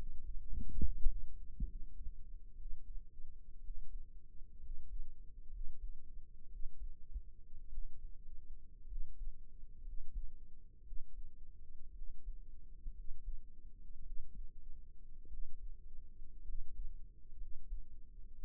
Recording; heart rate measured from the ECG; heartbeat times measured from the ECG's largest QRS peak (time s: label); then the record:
heart sounds by microphone in the right ear; 58 bpm
0.81 s: heartbeat
1.66 s: heartbeat
2.56 s: heartbeat
3.61 s: heartbeat
4.60 s: heartbeat
5.50 s: heartbeat
6.49 s: heartbeat
7.69 s: heartbeat
8.86 s: heartbeat
9.83 s: heartbeat
10.83 s: heartbeat
11.92 s: heartbeat
12.93 s: heartbeat
14.03 s: heartbeat
15.28 s: heartbeat
16.43 s: heartbeat
17.37 s: heartbeat
18.35 s: heartbeat
From the record:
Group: healthy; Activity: rest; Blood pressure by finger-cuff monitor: 113/71 mmHg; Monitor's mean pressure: 83 mmHg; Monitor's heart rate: 60 bpm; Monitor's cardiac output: 5.4 L/min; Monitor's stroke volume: 90 mL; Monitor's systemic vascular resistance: 1100 dyn s/cm5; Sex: male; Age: 22 years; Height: 181 cm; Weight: 79 kg